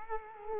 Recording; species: mosquito wingbeat signal from an infrared sensor; Culex quinquefasciatus